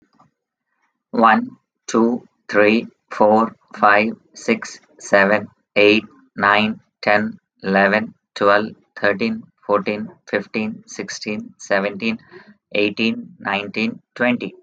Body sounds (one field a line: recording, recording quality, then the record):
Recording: counting at a normal pace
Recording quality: excellent, no background noise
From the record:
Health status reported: healthy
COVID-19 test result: not tested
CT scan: not taken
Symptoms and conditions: none ticked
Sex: male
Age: 47 years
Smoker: no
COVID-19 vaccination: both doses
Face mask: not worn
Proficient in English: yes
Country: India